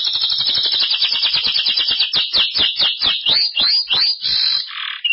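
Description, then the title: Belgian canary song: a fast, dense trill that breaks into sweeping, chopped notes and swooping whistles, loud and continuous throughout. "Canario Belga"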